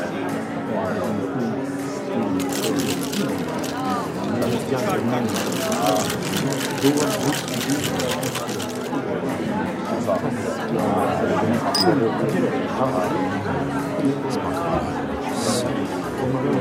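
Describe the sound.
Bar noise: a dense, steady murmur of many overlapping voices talking at once, with brief bursts of rapid clicking and clatter throughout.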